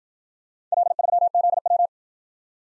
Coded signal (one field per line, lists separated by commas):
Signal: Morse code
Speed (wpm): 52 wpm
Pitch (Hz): 700 Hz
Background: none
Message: L3ZW